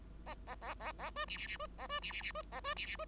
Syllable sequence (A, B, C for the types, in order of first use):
A A A A A B C C C B A B C C C B A B C C B